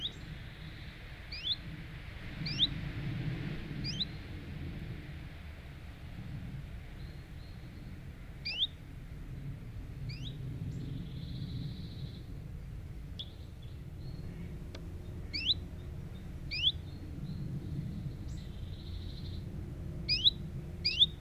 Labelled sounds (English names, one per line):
Common Chiffchaff